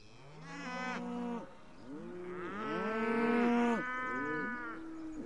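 Cow giving a series of loud, harmonic-rich moos, some short and some long and swelling, one after another throughout.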